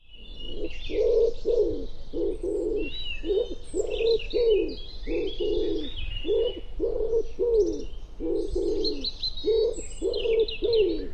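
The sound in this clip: Bird cooing, a long series of low hooted notes in short bursts, with fainter high chirps and twitters from other birds above.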